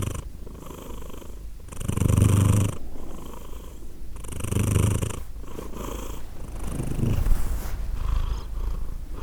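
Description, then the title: Cat purring, a low continuous rumble that surges with each breath at regular intervals. Cat named Edith purring; Glasgow, Scotland; December 2023. "Edith purring, Glasgow, Scotland in December 2023 – by Steve Urquhart"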